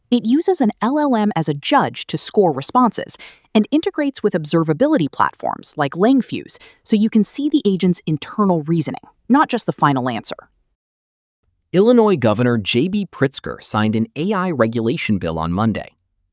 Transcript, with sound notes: It uses an LLM as a judge to score responses and integrates with observability platforms like Langfuse so you can see the agent’s internal reasoning, not just the final answer.
[thoughtful] Illinois Governor J B Pritzker signed an AI regulation bill on Monday.